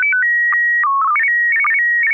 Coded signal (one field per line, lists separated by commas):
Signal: SSTV (slow-scan television)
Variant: PD 120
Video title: N6NA SSTV Net - 08/09/2023